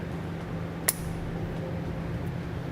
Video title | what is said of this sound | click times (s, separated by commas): etrailer - Trailer Wiring Harness Installation - 2006 Nissan Xterra | once it clicks into place I can | 0.9 s